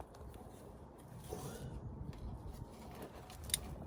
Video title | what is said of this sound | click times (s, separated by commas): Replace fog light bulbs 2015-2020 Chevy Tahoe LT | Lock it in place. There we go. Listen for that clicking sound. | 3.5 s